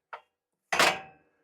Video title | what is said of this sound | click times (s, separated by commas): The Cattle Handling Equipment We Use on the Homestead - Tools & Tips for Safe Livestock Care | and it locks in place no problems at all really really well | 0.7 s, 0.8 s